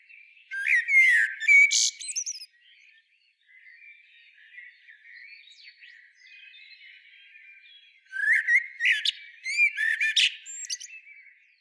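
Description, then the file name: Common blackbird with two loud twittering phrases of whistled slurs and squeaky notes, separated by a long quieter stretch filled with soft chirping from other birds. "Turdus merula"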